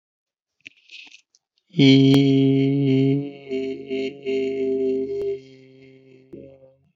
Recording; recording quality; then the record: sustained vowel as in beet; excellent, no background noise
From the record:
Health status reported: COVID-19 positive, mild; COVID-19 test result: positive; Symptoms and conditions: cough, sore throat, loss of smell and taste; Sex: male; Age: 32 years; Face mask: not worn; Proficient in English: yes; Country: India